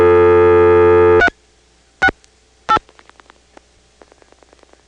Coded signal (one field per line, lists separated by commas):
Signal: DTMF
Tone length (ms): 70 ms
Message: 368